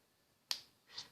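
A plastic cap is pushed onto a felt-tip marker pen and clicks shut at 0.5 s with a sharp, bright snap. A softer, duller tick follows at about 1.0 s. The cap is seated closed.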